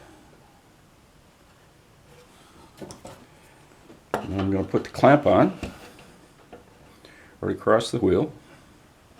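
A clamp is put on across the indexing wheel of a router jig for octagonal table legs, to lock the jig onto the wheel. Someone talks over faint handling noise, with a brief sharp tap near 2.9 s and a few soft knocks later on. The clamp has not yet been tightened home, and nothing has seated or clicked yet.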